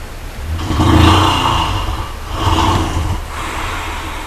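Brown bear huffing, a few breathy snort-like bursts, rough and noisy.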